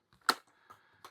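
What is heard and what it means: A plastic tail piece is pressed onto the back of a toy vehicle body and snaps on sharply at 0.3 seconds, followed by fainter clicks near 0.7 and 1.1 seconds. The tail is seated and is not designed to come off again once fitted.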